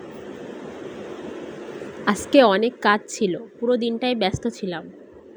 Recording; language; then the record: elicited speech; Bengali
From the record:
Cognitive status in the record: cognitively healthy